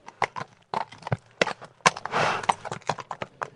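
Horse hooves clip-clop in a quick, uneven rhythm of sharp knocks, broken midway by a breathy, rushing snort before the hoofbeats continue.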